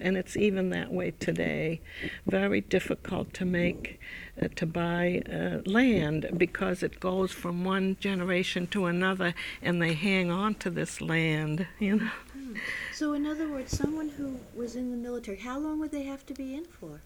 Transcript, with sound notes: And it's even that way today, very difficult to buy land because it goes from one generation to another and they hang on to this land. (She laughs.)
So, in other words, someone who was in the military, how long would they have to be in for?